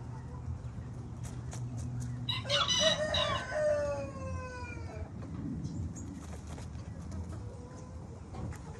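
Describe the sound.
Cubalaya chicken: cubalaya rooster giving one long crow that starts harsh and trails off in a falling, wavering tail, with a low hum throughout.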